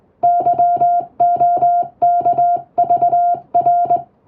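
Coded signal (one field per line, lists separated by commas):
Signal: Morse code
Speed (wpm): 20 wpm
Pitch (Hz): 700 Hz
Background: music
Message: YOKVR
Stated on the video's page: English-text Morse practice sent with a telegraph key by a first-class radiotelegraph operator, using a telegram practice book; playback speed adjustable for practice.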